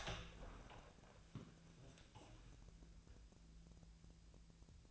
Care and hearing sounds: daily activity, microphone in the room; open door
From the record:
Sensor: 2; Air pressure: 1000.3 hPa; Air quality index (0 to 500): 158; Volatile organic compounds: 2 ppm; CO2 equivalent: 1316 ppm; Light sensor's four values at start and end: 10/24/10/11 and 10/25/10/11

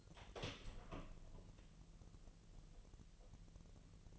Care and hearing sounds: daily activity, microphone in the room; open door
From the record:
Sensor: 4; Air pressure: 1002.1 hPa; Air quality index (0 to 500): 248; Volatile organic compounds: 41 ppm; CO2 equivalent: 3162 ppm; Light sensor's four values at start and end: 10/22/8/8 and 9/21/8/8

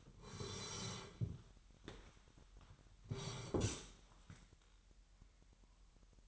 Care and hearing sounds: daily activity, microphone in the room; sit down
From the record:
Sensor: 3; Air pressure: 998.6 hPa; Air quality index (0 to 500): 127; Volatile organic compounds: 3 ppm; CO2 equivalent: 1522 ppm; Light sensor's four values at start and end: 9/18/8/9 and 7/17/7/8

